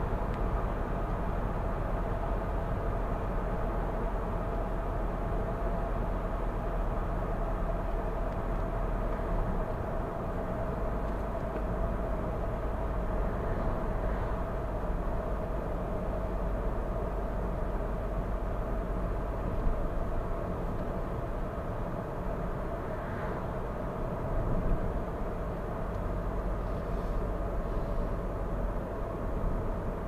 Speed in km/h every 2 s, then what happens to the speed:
77, 75, 74, 73, 72, 70, 69, 67, 66, 64, 64, 65, 65, 63, 61.
0-30 slows to 61.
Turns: none.